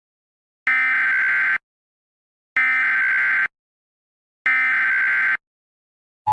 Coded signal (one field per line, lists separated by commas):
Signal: Emergency Alert System (SAME) tones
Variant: header bursts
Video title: 911 outage- mini eas